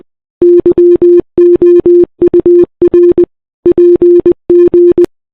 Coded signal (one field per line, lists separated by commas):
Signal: Morse code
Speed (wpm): 20 wpm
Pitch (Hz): 350 Hz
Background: none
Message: YOUR PG